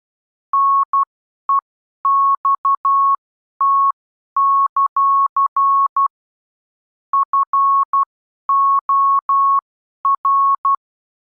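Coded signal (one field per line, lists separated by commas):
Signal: Morse code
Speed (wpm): 12 wpm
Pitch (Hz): 1100 Hz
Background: none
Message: NEXT; FOR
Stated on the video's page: Morse code reading practice for subconscious familiarisation, the stage after initial conscious learning.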